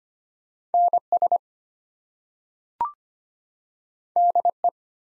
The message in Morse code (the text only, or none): NS DE